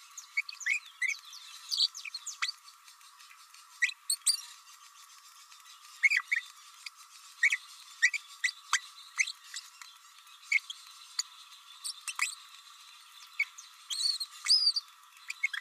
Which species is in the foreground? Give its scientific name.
Forpus passerinus